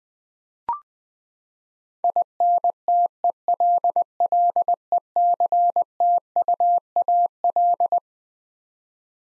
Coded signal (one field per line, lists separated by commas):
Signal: Morse code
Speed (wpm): 20 wpm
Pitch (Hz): 700 Hz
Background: none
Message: INTELLECTUAL